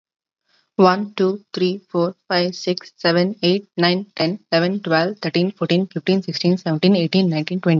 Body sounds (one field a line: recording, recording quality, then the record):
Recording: counting at a fast pace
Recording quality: excellent, no background noise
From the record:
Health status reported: respiratory illness, not identified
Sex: female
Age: 22 years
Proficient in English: yes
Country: India